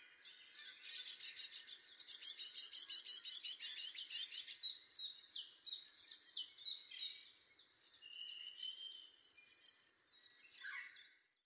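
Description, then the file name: Great tit calling, a busy flurry of high chirps, then a string of sharp descending notes repeated several times, fading into softer scattered chips. "Parus major"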